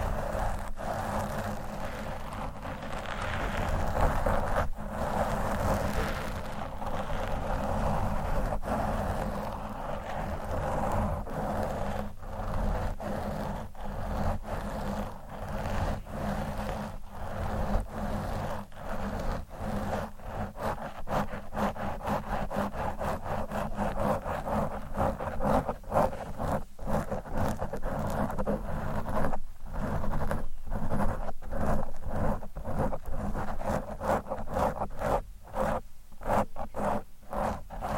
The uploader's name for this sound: Mic Scratching